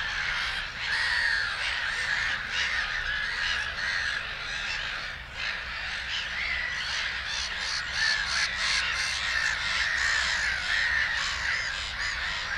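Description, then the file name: Black-headed gulls calling in a dense chorus of harsh, rasping screeches, overlapping and repeated constantly throughout with no pause. "Digiffects Sound Effects Library - Black-Headed Gull Bird"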